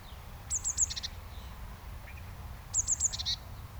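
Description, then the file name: Eurasian blue tit giving high, thin triple notes ending in a brief buzzy trill, repeated twice roughly two seconds apart, with faint low background noise. "Cyanistes caeruleus"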